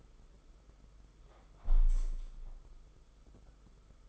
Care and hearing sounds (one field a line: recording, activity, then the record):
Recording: daily activity, microphone in the room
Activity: close window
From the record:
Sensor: 5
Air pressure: 991.4 hPa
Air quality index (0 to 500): 108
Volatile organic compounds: 25 ppm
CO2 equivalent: 2834 ppm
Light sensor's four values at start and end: 39/127/48/51 and 39/126/48/51